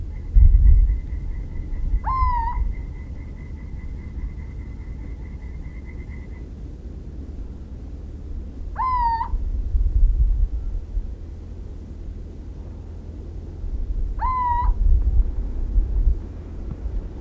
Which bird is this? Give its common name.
Little Owl